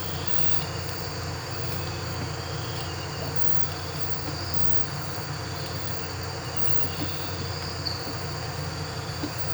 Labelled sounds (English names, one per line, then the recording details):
none
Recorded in pastures near Puerto Asís, Putumayo, Colombia, on 12 March 2025 at 03:30
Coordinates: 0.466, -76.322
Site CSA-02